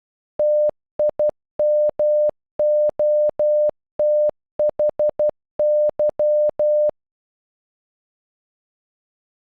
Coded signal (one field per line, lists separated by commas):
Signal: Morse code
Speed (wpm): 12 wpm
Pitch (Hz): 600 Hz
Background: none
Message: TIMOTHY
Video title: Timothy in Morse code